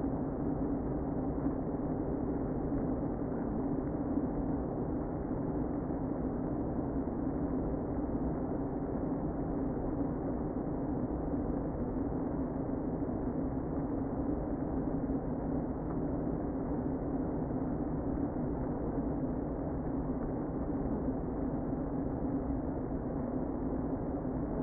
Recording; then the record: honeybee colony, microphone inside the hive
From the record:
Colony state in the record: queen present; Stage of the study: before two queens were removed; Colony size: about 60,000 bees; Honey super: yes